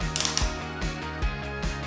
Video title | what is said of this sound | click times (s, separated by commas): Yakima BaseLine Towers Installation | now you can completely tighten the C1 bolt with the torque tool until it clicks at least three times | 0.2 s, 0.4 s